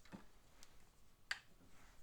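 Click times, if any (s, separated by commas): 1.3 s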